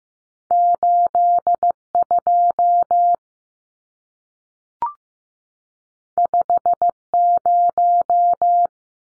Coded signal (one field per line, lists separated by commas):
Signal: Morse code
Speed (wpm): 15 wpm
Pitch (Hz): 700 Hz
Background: none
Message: 82 50